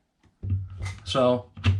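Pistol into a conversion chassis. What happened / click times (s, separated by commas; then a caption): The pistol is being handled and has not yet clicked into the chassis / none. A Glock pistol is handled as it is about to be pushed forward into a carbine conversion chassis, which locks the pistol in with an audible click. Someone talks over a few soft, low handling bumps near 0.4 to 0.7 seconds. Nothing has seated or clicked yet by the end of the clip.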